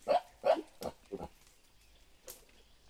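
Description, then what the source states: Mountain gorilla giving four short, rough grunts about a third of a second apart, fading in strength, followed by a short, sharp noise. Mountain gorilla giving an "uuk" vocalization.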